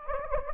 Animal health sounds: mosquito wingbeat signal from an infrared sensor; Anopheles gambiae

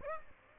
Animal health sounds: mosquito wingbeat signal from an infrared sensor; Aedes aegypti

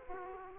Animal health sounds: mosquito wingbeat signal from an infrared sensor; Aedes aegypti

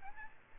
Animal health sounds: mosquito wingbeat signal from an infrared sensor; Aedes albopictus

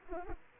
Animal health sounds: mosquito wingbeat signal from an infrared sensor; Anopheles arabiensis

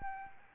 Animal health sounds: mosquito wingbeat signal from an infrared sensor; Aedes albopictus

